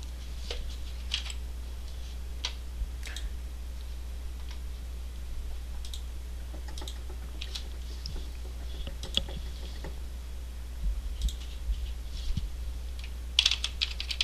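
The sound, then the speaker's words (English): Irregular bursts of keyboard typing, sharp light clicks scattered unevenly with short pauses and a quick flurry near the end, over a steady low hum. No one speaks. “Well, I wish you could hear the Pranfunkle's keyboard.”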